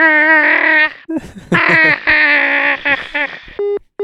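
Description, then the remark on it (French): A human voice imitates a Siberian rubythroat's song in loud, sustained, warbling phrases with wavering pitch and brief breaks, ending on a few short steady tones. “Là, pour ça, je vous laisse avec le son du roussignol à collet rouge.”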